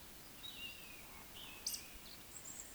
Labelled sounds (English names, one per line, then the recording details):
Eurasian Woodcock whistle
Eurasian Woodcock croak
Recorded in Baden-Württemberg, Germany, on 31 May 2021 at 19:40 UTC
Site 20675, 466 m above sea level